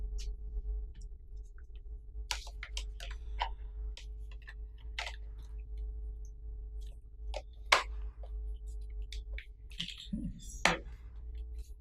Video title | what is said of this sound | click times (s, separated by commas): Install Oculus Elite Strap and Case Guide - Oculus Tutorial - VR - Gaming - Virtual Reality | So you just go all the way around it and just make sure it's all snapped into place. | 2.3 s, 7.7 s, 10.7 s